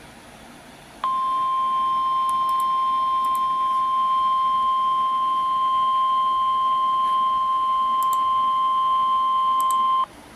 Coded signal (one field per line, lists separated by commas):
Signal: Emergency Alert System (SAME) tones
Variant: 1050 Hz attention tone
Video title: DOUBLE HEADER! Flood Warnings (EAS #368-369)